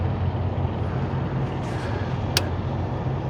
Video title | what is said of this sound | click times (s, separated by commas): Replacing #4 injector connector on the road.PO204 | i heard that click i | 2.4 s